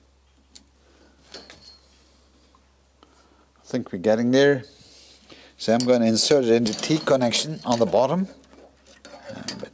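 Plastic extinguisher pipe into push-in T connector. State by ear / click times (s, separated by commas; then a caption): not seated / none. A plastic extinguisher pipe is pushed into the bottom push-in T connector on the fire suppression line of an MGB GT, making a few light knocking sounds while someone talks. Nothing has seated or clicked yet; the pipe is still not right in the T connector.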